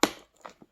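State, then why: Not seated. A RAM module is pressed into the memory slot of an AsRock A520M ITX AC motherboard, giving a sharp, loud knock at 0.0 s that fades out, followed by fainter, softer taps around 0.4–0.5 s and 0.6 s. The module has not seated yet, and the latch has not snapped into place.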